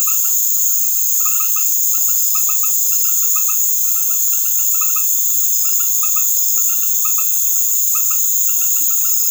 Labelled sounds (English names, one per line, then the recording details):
none
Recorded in secondary vegetation near Puerto Asís, Putumayo, Colombia, on 13 March 2025 at 20:00
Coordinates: 0.489, -76.322
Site G042